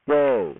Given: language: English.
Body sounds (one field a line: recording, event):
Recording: throat vibration sensor signal played as sound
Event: speech